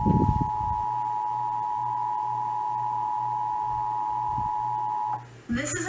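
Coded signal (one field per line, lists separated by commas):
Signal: Emergency Alert System (SAME) tones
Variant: 853 and 960 Hz attention tone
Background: speech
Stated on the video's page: Oklahoma statewide required monthly test.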